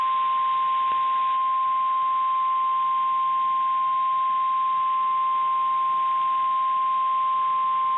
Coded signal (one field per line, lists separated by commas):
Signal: Emergency Alert System (SAME) tones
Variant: 1050 Hz attention tone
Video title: 6/11/22 - Severe Thunderstorm Warning on KIH61 (EAS #532)